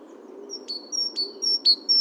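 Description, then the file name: Great tit calls as a series of high, clear notes, each opened by a click, growing louder across two seconds over soft background hum. "Parus major"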